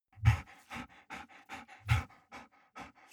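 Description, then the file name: Dog panting in quick, breathy bursts, about three per second, some louder huffs among softer gasps. "dog whine pant"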